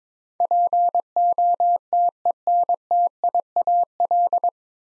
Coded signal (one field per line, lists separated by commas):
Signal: Morse code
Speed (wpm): 22 wpm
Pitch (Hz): 700 Hz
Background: none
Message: POTENTIAL